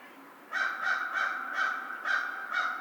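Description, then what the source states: American crow giving six harsh caws at a steady pace. Recorded 2 March 2010.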